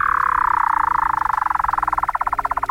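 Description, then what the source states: Weddell seal vocalization: a long descending tone that breaks into a rapid pulsed trill, slowing slightly toward the end. Weddell seals in Antarctica; otherworldly vocalizations.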